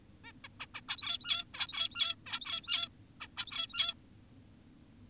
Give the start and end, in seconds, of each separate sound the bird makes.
0.24-0.32, 0.44-0.48, 0.60-0.66, 0.74-0.81, 0.89-1.44, 1.54-2.15, 2.26-2.88, 3.21-3.28, 3.37-3.94